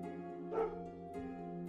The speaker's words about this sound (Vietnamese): Tiếng chó sủa văng vẳng truyền đến từ đâu đó. Ông đưa mắt nhìn thử, nhưng không thấy bóng dáng con vật đâu.